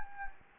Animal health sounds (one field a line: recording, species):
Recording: mosquito wingbeat signal from an infrared sensor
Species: Anopheles gambiae